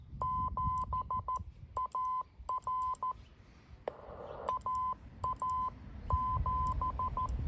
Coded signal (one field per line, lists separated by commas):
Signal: Morse code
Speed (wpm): 14 wpm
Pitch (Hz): 1020 Hz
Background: none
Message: 7AR AA7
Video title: A trip to the back yard hamming - MFJ-9040 Station